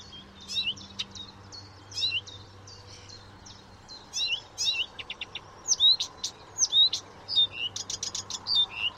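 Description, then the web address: Blyth's reed warbler song: a busy run of high, varied chirps, slurred whistles and clicks, growing louder and denser toward the end, with a faint low hum beneath. "chant didier collin rousserolle des buissons"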